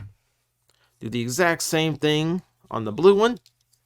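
A plastic gun/fist handle is being handled going into the blue half of a transforming robot toy while someone talks, with a few faint, tiny ticks in the quiet stretches. Nothing has seated or clicked into place yet.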